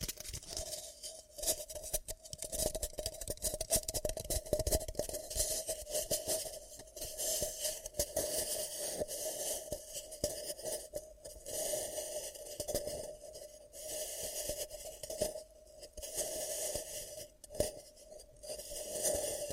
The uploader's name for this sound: ASMR 10 Ear Cupping Triggers